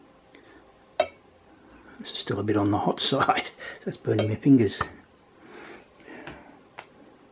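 A small plastic cover plate is pushed by hand over the still-hot solder joints of an XT60 connector housing after a battery lead has been soldered to the XT60 plug. Someone talks throughout, with a few short handling knocks in the quiet gaps. The cover has not snapped into place yet; nothing has seated or clicked.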